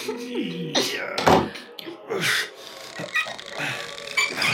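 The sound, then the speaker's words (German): A door is shut with a solid thunk partway through, amid scraping, rubbing noises and a few short bursts of voice-like sound. “Schließ die Tür hier hinter dir!”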